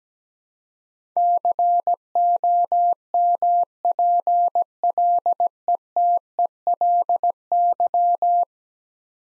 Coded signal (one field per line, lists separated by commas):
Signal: Morse code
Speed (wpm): 17 wpm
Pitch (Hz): 700 Hz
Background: none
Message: COMPLETELY